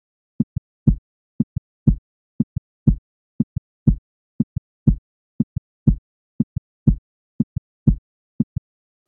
The sound of a normal, healthy heart.